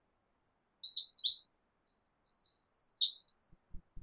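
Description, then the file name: Eurasian wren singing a fast, shrill jumble of chattering notes and rattling trills for about three seconds, then a couple of faint low thumps. "Troglodytes troglodytes"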